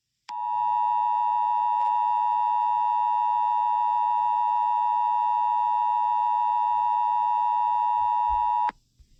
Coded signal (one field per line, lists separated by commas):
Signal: Emergency Alert System (SAME) tones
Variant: 853 and 960 Hz attention tone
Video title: EAS SCENARIO 17: Wenda's Revenge